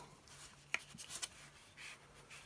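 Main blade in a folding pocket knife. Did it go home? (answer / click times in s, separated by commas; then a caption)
yes / 0.7 s. The main blade of a folding pocket knife is worked and snaps into place at 0.7 seconds with a short, sharp click over a low hum and faint rubbing. The snap is not very strong or positive, but the blade seats with no play.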